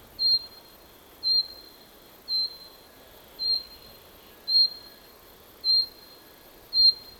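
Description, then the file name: Common chaffinch giving seven brief, high whistled call notes about once a second over a quiet background. "Fringilla coelebs"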